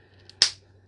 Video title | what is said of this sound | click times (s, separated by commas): MATTEL DID IT AGAIN !!! | I'm just going to snap snap it out right there. | 0.4 s